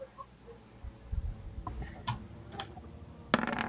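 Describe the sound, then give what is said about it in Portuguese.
A twenty-sided die is rolled during a Dungeons & Dragons game, rattling and clattering across a surface in a short run of light, uneven clicks, ending with a sharper, louder knock as it settles. Nobody speaks. “Vou rolar um D20 aqui.”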